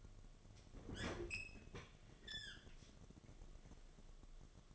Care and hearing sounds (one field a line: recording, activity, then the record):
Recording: daily activity, microphone in the room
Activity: open fridge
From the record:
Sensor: 4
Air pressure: 1005.4 hPa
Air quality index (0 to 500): 176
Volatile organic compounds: 5 ppm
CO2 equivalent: 1728 ppm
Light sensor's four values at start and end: 6/12/5/4 and 5/11/4/4